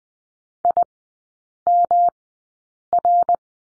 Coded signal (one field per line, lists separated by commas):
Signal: Morse code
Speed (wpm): 20 wpm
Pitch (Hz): 700 Hz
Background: none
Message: IMR